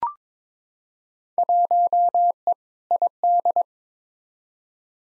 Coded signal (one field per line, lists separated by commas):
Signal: Morse code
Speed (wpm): 22 wpm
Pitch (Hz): 700 Hz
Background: none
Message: 1E ID